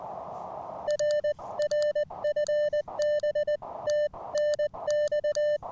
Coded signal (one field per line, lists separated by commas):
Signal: Morse code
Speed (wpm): 20 wpm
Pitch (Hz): 600 Hz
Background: music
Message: R R FB TNX